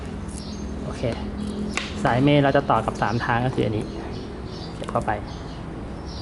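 A PE water pipe is pushed into a plastic three-way fitting from a garden sprinkler kit while someone talks, with a few faint handling noises. Nothing has seated or clicked yet; the clip ends just before the pipe goes home.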